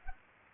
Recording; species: mosquito wingbeat signal from an infrared sensor; Culex pipiens